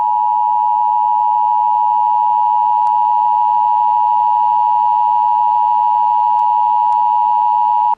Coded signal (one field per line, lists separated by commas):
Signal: Emergency Alert System (SAME) tones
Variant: 853 and 960 Hz attention tone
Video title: EAS: Warnings for domestic terrorist attacks